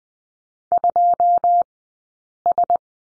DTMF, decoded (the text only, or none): none